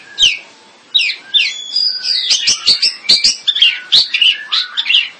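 Bird song that opens with two sharp high notes, then runs into a fast, continuous string of bright, scratchy twittering phrases.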